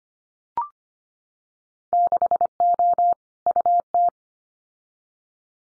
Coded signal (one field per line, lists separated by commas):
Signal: Morse code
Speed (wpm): 25 wpm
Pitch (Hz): 700 Hz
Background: none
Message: 6O UT